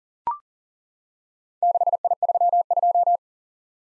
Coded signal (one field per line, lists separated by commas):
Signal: Morse code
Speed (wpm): 41 wpm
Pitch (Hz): 700 Hz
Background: none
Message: 6I32